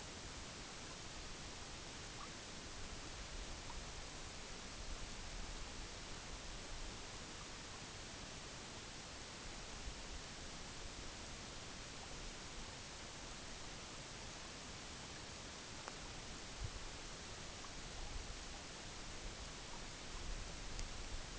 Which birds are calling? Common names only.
none